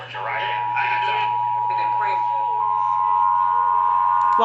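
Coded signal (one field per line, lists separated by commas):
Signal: Emergency Alert System (SAME) tones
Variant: 853 and 960 Hz attention tone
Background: speech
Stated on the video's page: GSP tornado drill and test EAS alerts; valid EAS tones.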